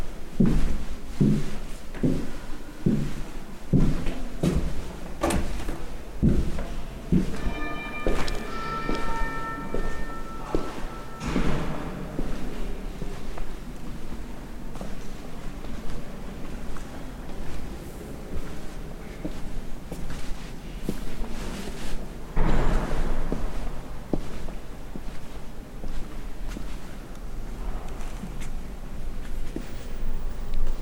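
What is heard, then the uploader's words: Footsteps echo through a vast stone interior, with a brief ringing tone near eight seconds and a steady low hum beneath soft murmurs. Cathedral Ambiance | York Minster. This binaural field recording captures the essence of the cathedral's serene atmosphere.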